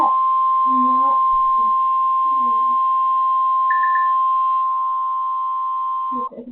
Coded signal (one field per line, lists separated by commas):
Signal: Emergency Alert System (SAME) tones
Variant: 1050 Hz attention tone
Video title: Eas alerts vid